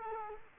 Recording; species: mosquito wingbeat signal from an infrared sensor; Culex quinquefasciatus